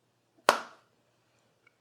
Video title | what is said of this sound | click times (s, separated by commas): 560SL - Installing CIS Fuel Injectors, Injector Seals & Insulating Sleeves | hear that snap in there nice | 0.5 s